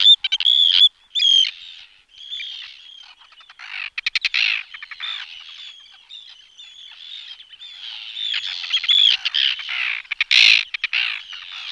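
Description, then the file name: Arctic tern rasping and chattering calls in bursts, quieter in the middle and building again toward the end. "rybák dlouhoocasý"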